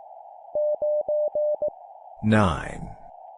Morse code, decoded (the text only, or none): 9E